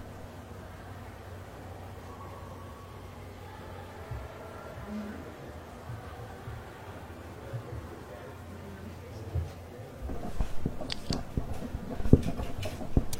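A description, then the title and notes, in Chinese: Library ambience with a steady low hum and a faint murmur of voices underneath for the first ten seconds. After that, louder irregular sharp clicks and rustling taps arrive in quick bursts, like keys and handled paper, with a standout snap near twelve seconds. 公共图书馆沉浸式学习 图书馆环境音 打字声 写字翻书。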